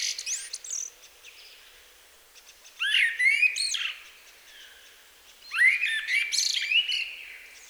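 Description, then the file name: Common blackbird song: the end of one phrase, then two fluty warbling phrases with high scratchy twitters, separated by short pauses. "Turdus merula"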